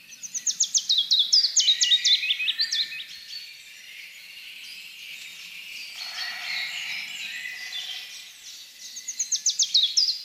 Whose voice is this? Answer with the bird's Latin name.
Phylloscopus collybita